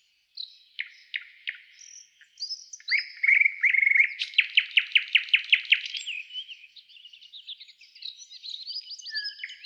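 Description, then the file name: Nightingale song: isolated sharp notes, then fast repeated trills and rapid clicking series, mixing whistled and harsh phrases in quick succession. "Solovey Trel"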